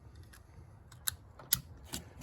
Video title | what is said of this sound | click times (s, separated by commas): 2019 Chevy Traverse Headlight Bulb Replacement | you hear that click | 1.1 s, 1.5 s